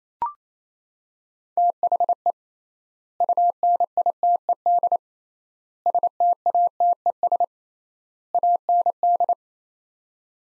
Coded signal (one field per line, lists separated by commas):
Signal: Morse code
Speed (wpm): 28 wpm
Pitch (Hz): 700 Hz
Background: none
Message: THE UNITED STATES AND